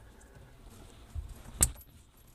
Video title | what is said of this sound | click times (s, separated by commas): Changing out the kitchen faucet in our camper | and you hear the click you're good | 1.6 s